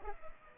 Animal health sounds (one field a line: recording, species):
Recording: mosquito wingbeat signal from an infrared sensor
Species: Culex pipiens